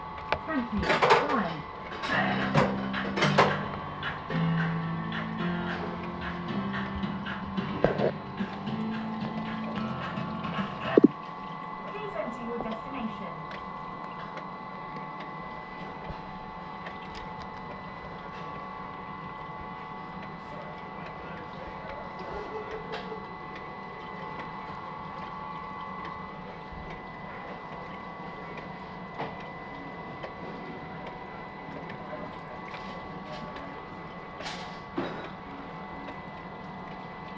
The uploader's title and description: Kura Revolving sushi bar. Sounds from the restaurant plus bonus elevator sounds!